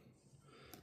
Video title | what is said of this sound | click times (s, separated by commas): 【レイスピアーVZ】開封から完成まで一気見！クリヤーグリーンの最新ミニ四駆がカッコ良すぎた…🔥 | and it should just push straight down onto it, snap into place. You can hear that, | 0.7 s